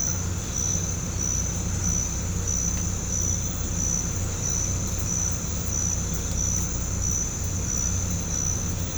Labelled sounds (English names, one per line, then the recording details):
none
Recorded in pastures near Puerto Asís, Putumayo, Colombia, on 18 December 2024 at 04:30
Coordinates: 0.505, -76.324
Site G063